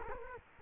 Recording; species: mosquito wingbeat signal from an infrared sensor; Culex quinquefasciatus